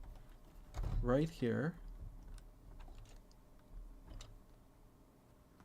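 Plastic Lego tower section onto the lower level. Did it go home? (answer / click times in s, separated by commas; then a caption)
yes / 4.2 s. A plastic Lego tower section, the second level, is slid onto the lower level of the structure and pressed home. Someone talks briefly, followed by light scattered taps and a sharp click at 4.2 s as the section snaps into place and is seated.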